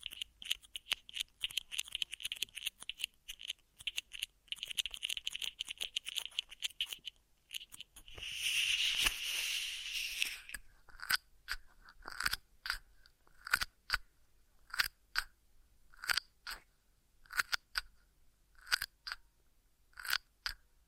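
Ear massage triggers: for the first seven seconds a dense, crackly rubbing of quick bright clicks, then a louder, smooth swishing rub for about three seconds. After that come short, crisp brushing strokes repeating at a steady pace until the end.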